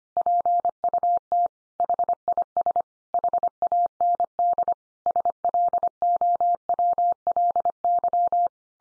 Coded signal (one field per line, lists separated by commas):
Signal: Morse code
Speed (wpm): 25 wpm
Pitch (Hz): 700 Hz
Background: none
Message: PUT HIS HAND SLOWLY